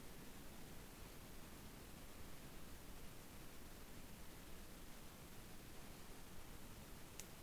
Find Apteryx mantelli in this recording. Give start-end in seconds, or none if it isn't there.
none